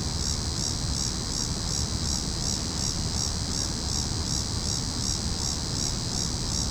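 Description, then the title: Cicadas producing a high, throbbing buzz in quick even pulses, accompanied by a continuous low rumble. Cicadas calling in a tree. "neoscenes: cicadas in tree"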